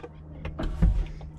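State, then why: Seated. The upward-opening door of a McLaren 570S sports car is pulled down by its handle, and its soft-close mechanism draws it into the body striker. A short series of clicks and a motor whirr follow, with the latch seating at 0.5 s. The door locks shut.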